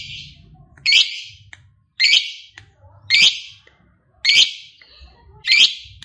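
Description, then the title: Lovebird calls, five harsh, screechy notes about a second apart. Played to make a lazy lovebird excited and spontaneously start singing. "LOVEBIRD Malas Bunyi JADI GREGET SPONTAN Langsung NARIK"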